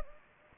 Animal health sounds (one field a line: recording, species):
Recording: mosquito wingbeat signal from an infrared sensor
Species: Anopheles gambiae